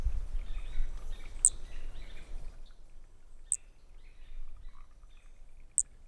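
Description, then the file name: Brachycephalus frog producing three brief, high, clicky notes a little over two seconds apart, over steady low background noise that quietens partway through. Unidentified Brachycephalus species, individual 3, recorded at 20 cm, Corcovado, 18 December 2017; the frog lost notes during calling. "MHNCI Brachy sp ind 3 perdeu notas 20 cm Corcovado 18 dez 2017 MRB"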